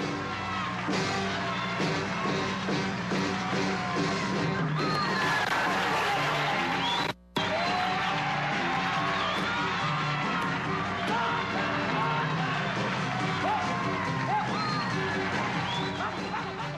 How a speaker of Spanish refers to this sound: Se me ha olvidado los gritos, que son gritos ficticios, son grabados, ¿no? Porque no había tanta gente en el estudio de televisión. Los ponían en los discos de vinil, ¿no? Se oían los gritos en efectos de, los efectos de sonido en aquel momento.